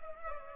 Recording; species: mosquito wingbeat signal from an infrared sensor; Culex pipiens